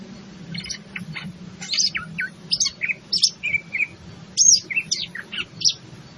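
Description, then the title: Greater green leafbird with varied song of clear high whistles and short slurred notes, phrase after phrase over a low background hum. In full song. "Cucak Ijo Gacor"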